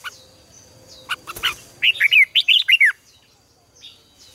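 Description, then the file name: Red-whiskered bulbul delivering one lively phrase of six or seven mellow, downslurred whistles after a few clicks and knocks. "Tieng chao mao hot"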